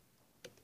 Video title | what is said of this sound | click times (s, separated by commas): microscope | you'll fill it click and that way you know that the light can shine straight up the microscope | 0.5 s